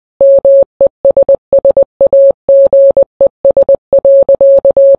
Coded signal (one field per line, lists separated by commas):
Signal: Morse code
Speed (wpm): 20 wpm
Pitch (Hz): 550 Hz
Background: none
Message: MESSAGES.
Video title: Morse Code